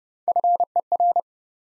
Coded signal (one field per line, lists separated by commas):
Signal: Morse code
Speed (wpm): 32 wpm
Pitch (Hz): 700 Hz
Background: none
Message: FER